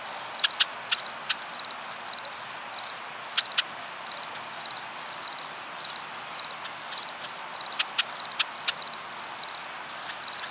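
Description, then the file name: Marsh wren singing rapid, mechanical rattles, each burst short and buzzy, delivered again and again with brief gaps and occasional sharp ticks. "Cistothorus palustris - Marsh Wren"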